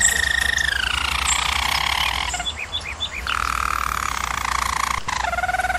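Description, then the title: German Roller canary song: a descending roll, a few bubbling arched notes, then a deep, steady rolled tour. Singing; used for canary training. "German Roller Canary Singing - Canary Training Vid"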